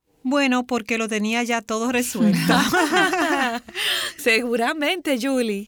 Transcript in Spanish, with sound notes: Bueno, porque lo tenía ya todo resuelto. (Risas)
¡Seguramente, Juli!